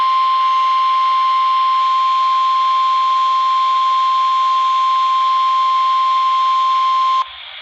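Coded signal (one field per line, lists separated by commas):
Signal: Emergency Alert System (SAME) tones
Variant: 1050 Hz attention tone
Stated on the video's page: NOAA Weather Radio required weekly test originated by NWS and relayed through EAS.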